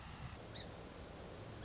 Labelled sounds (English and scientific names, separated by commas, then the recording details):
Song Sparrow (Melospiza melodia)
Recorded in Sonoma County, California